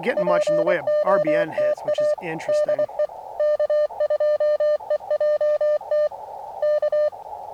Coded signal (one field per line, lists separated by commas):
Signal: Morse code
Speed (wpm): 24 wpm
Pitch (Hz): 600 Hz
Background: speech, radio noise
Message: POTA DE K2EJT K